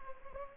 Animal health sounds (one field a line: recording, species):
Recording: mosquito wingbeat signal from an infrared sensor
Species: Anopheles gambiae